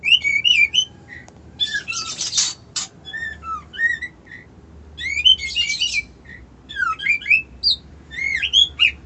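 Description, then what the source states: White-eye song of rapid, high twittering chirps mixed with harsh buzzy rasping notes, continuing in busy bursts throughout. Song style called ngerol ngalas.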